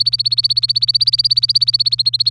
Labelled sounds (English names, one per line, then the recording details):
Domestic Canary song
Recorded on 24 April 2018 at 07:55
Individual llb3